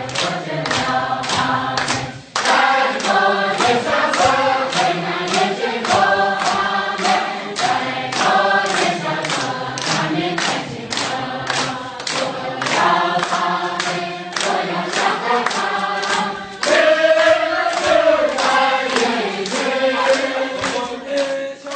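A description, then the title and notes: Worship in a Miao church: a congregation sings a steady, full hymn with layered voices and a regular pulse, a brief pause near two seconds. 贵州省苗族教会崇拜. Worship in a Miao church in rural China.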